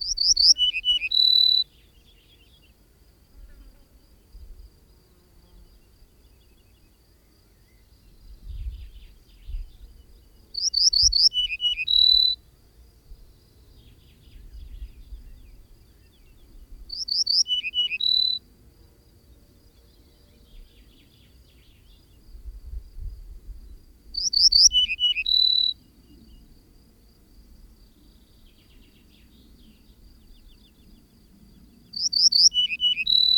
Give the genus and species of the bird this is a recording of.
Emberiza hortulana